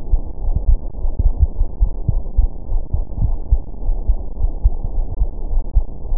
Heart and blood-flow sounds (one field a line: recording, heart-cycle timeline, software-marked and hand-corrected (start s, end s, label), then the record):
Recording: heart sounds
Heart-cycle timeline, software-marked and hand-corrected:
0.00	0.11	systole
0.11	0.21	S2
0.21	0.45	diastole
0.45	0.57	S1
0.57	0.69	systole
0.69	0.79	S2
0.79	1.01	diastole
1.01	1.11	S1
1.11	1.21	systole
1.21	1.33	S2
1.33	1.59	diastole
1.59	1.69	S1
1.69	1.81	systole
1.81	1.91	S2
1.91	2.13	diastole
2.13	2.23	S1
2.23	2.37	systole
2.37	2.49	S2
2.49	2.71	diastole
2.71	2.81	S1
2.81	2.93	systole
2.93	3.03	S2
3.03	3.21	diastole
3.21	3.37	S1
3.37	3.51	systole
3.51	3.61	S2
3.61	3.85	diastole
3.85	3.99	S1
3.99	4.07	systole
4.07	4.17	S2
4.17	4.41	diastole
4.41	4.53	S1
4.53	4.63	systole
4.63	4.73	S2
4.73	4.95	diastole
4.95	5.07	S1
5.07	5.19	systole
5.19	5.29	S2
5.29	5.51	diastole
5.51	5.63	S1
5.63	5.77	systole
5.77	5.85	S2
5.85	6.09	diastole
6.09	6.18	S1
From the record:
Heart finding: coronary artery disease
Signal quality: good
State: rest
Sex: female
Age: 66 years